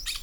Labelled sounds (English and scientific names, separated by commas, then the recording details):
Brown-throated Parakeet (Eupsittula pertinax) contact call
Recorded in Venezuela
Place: Tumeremo, Edo. Bolivar; Cerca de la casa de Los Guaicas. Corral de los caballos. Varias matas con comejenes
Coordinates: 7.218, -61.386